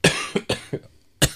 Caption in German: Ich bin so am Husten. Das ist, weil ich so viel rede jetzt.